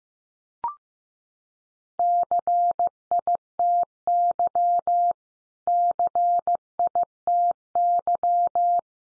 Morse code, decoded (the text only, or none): CITY CITY